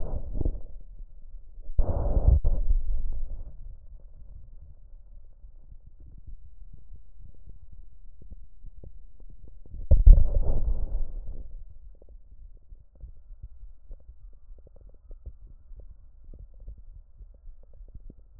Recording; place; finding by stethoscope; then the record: heart sounds by stethoscope; mitral valve (MV); normal heart sounds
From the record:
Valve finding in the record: mitral regurgitation, grade 1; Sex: female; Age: 48 years